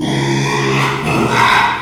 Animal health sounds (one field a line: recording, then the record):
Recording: squeal of a Yucatan mini pig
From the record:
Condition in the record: after surgery on the right vocal fold (resection and tissue-engineered implant)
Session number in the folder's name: 1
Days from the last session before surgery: 6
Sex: male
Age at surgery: 12 weeks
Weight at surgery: 13 kg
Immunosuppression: cyclosporine, prednisolone